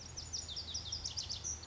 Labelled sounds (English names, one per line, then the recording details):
Lazuli Bunting
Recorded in Sonoma County, California